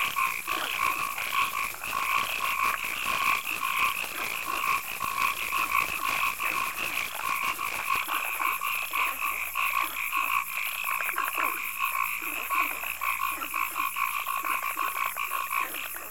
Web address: marsh night night ambience crickets frogs ducks swamp